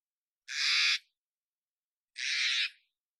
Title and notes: Steller's Jay, Cyanocitta stelleri, calls, Recorded in the beautiful Pacific Northwest, Washington, United States